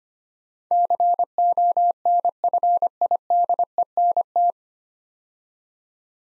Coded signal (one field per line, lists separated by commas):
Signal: Morse code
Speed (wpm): 25 wpm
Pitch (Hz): 700 Hz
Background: none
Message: CONFIDENT